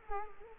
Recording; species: mosquito wingbeat signal from an infrared sensor; Culex quinquefasciatus